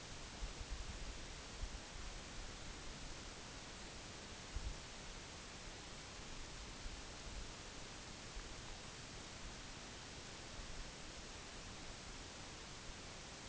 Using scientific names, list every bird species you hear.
none